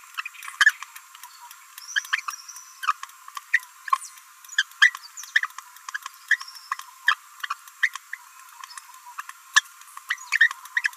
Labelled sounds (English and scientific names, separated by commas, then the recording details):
Green-rumped Parrotlet (Forpus passerinus) babbling
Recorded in a nest box in Venezuela
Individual 18B17A3